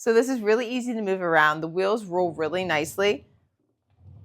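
Someone talks for about three seconds while handling the caster wheel lock on a metal rolling work table. The clip then goes nearly quiet, with only a faint low rumble near the end. The caster brake has not clicked on or seated yet.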